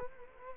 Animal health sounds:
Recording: mosquito wingbeat signal from an infrared sensor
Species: Culex quinquefasciatus

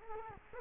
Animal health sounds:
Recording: mosquito wingbeat signal from an infrared sensor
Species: Culex quinquefasciatus

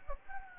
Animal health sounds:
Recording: mosquito wingbeat signal from an infrared sensor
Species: Anopheles gambiae

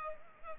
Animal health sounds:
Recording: mosquito wingbeat signal from an infrared sensor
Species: Culex pipiens

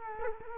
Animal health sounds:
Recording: mosquito wingbeat signal from an infrared sensor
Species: Culex quinquefasciatus

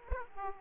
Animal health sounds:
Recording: mosquito wingbeat signal from an infrared sensor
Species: Aedes aegypti

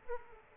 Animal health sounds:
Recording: mosquito wingbeat signal from an infrared sensor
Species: Aedes aegypti

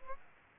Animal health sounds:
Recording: mosquito wingbeat signal from an infrared sensor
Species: Aedes aegypti

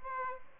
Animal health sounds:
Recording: mosquito wingbeat signal from an infrared sensor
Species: Aedes albopictus

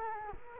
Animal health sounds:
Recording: mosquito wingbeat signal from an infrared sensor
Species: Culex quinquefasciatus

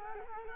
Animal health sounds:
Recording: mosquito wingbeat signal from an infrared sensor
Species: Culex quinquefasciatus

